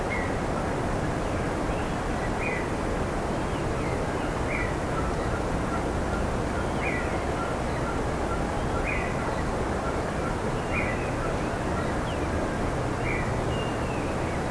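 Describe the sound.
Bird calls: a regular series of short chirps roughly every two seconds, heard faintly through an unbroken wash of loud background noise.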